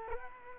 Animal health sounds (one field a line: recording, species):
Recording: mosquito wingbeat signal from an infrared sensor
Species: Culex quinquefasciatus